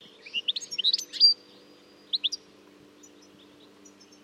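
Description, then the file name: European goldfinch calls: a quick burst of bright, tinkling twittered notes ending in a louder note, then three brief chips, over a faint steady low hum. "Carduelis carduelis"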